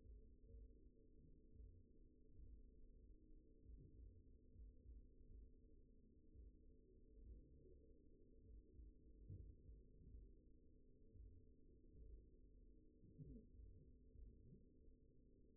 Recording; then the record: forearm muscle sounds (acoustic myography)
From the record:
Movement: finger pinch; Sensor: system 2, bracelet of six BSWA MPA416 microphones around the upper forearm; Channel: 6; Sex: male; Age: 22 years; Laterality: right